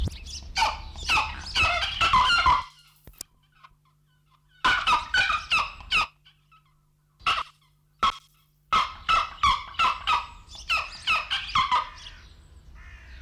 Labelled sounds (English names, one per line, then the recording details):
Pallas's Fish Eagle call
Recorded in captivity
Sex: pair
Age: adult
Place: Zoo Berlin, Berlin, DE
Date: 1995-02-25 10:27
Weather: heiter - wolkig, 2-3°C
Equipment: Marantz CP 430, Sennheiser ME 80, Kopie Uher Variocord 263
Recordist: Tembrock, Günter
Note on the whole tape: Paar: Rufreihen. Entfernung 8 m